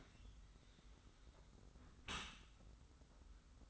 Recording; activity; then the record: daily activity, microphone in the room; close dishwasher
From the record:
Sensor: 3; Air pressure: 991.3 hPa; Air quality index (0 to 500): 135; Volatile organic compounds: 229 ppm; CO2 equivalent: 4302 ppm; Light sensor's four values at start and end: 51/140/57/50 and 51/140/57/50